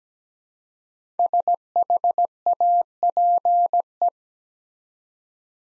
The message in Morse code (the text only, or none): SHAPE